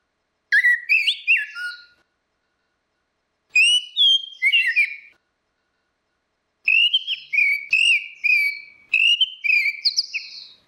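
Orange-headed thrush song in three separate bursts of sweet whistled and twittering notes, with quiet gaps of one to two seconds between them.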